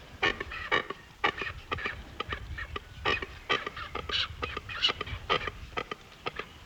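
European shag uttering rough, grunting croaks in quick uneven bursts, roughly two a second, over a low steady background rumble.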